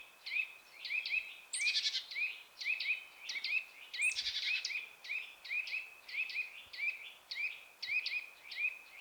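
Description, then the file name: Eurasian nuthatch calling: quick, bright, rising notes given in steady clusters, with two louder, rougher bursts. "Sitta europaea"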